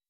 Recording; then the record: hydrophone in a shrimp aquaculture tank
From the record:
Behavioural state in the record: weakened